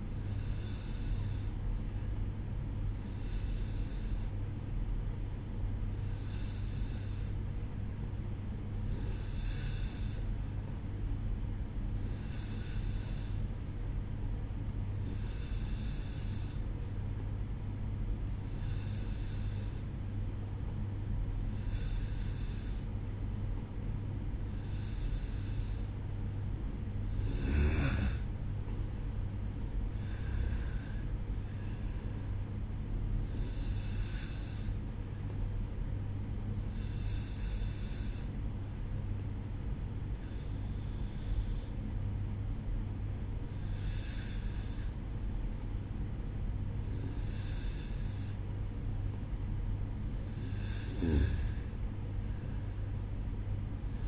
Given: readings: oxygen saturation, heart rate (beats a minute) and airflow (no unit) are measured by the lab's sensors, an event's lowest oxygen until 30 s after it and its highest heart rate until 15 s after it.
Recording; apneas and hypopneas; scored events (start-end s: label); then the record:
breathing in sleep by a smartphone at the bedside; none
none scored
From the record:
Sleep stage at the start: N2 (light sleep); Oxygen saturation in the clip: 92 to 94%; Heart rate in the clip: 60 to 70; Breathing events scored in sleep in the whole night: 305 in 9.6 hours asleep